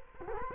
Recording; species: mosquito wingbeat signal from an infrared sensor; Culex quinquefasciatus